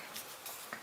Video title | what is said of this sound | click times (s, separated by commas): One Month Later Pixel Buds Pro | you know it's a nice little click for opening it | 0.7 s